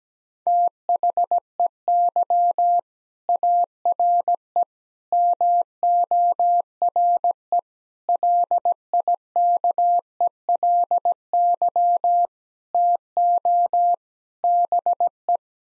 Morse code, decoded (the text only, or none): THEY ARE MORE LIKELY TO BE